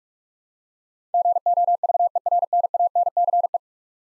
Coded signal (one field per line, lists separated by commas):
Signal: Morse code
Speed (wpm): 46 wpm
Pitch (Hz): 700 Hz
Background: none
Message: GOVERNANCE